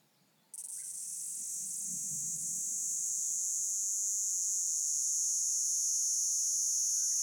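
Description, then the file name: Kuroiwa's cicada starting abruptly after a short silence, then holding an unbroken high buzzing drone that slowly swells in loudness. Recorded 19 April 2018. "180419 kuroiwaniinii"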